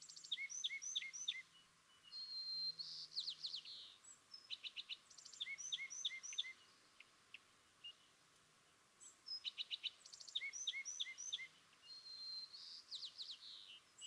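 California thrasher song: groups of chirps and downslurred whistles, with the same phrase pattern returning several times and brief pauses between bursts.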